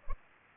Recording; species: mosquito wingbeat signal from an infrared sensor; Culex pipiens